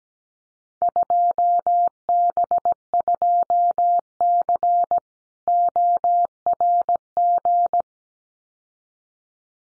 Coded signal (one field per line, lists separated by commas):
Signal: Morse code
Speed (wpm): 17 wpm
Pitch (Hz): 700 Hz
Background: none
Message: 2B2C ORG